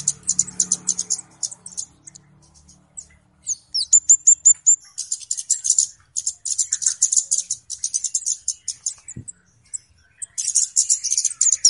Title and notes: Kicau Burung Kemade ( Cabe Cabean) Jernih. Suara Burung Cabe Cabean Pikat